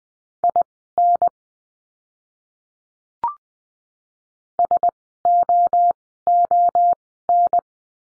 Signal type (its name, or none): Morse code